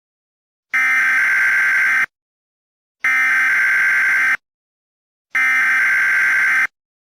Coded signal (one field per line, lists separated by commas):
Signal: Emergency Alert System (SAME) tones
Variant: header bursts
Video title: stupid cat eas scenario red mist squidward rampage sin count reviwed merowing